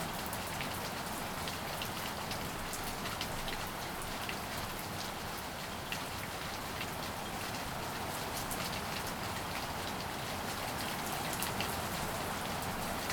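Light rain falls steadily, a dense, even patter of drops on a surface with no pauses or swells. Scattered brighter ticks of individual drops land over a soft low hiss that stays level for the whole stretch.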